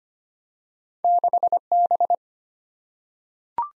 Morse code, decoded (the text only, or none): 6B